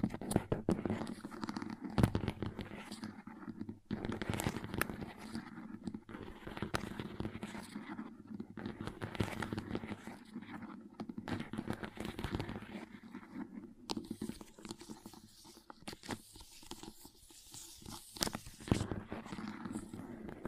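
Wet slime squishes and crackles continuously, with dense, rapid clicks and pops throughout and sharper bursts of tapping around seconds 2, 14 and 18.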